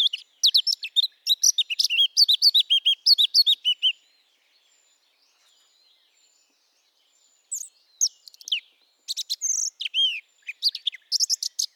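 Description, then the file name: Eurasian blackcap giving a hurried twittering warble for about four seconds, then a long silence, then further scratchy notes and whistled phrases. "Sylvia atricapilla"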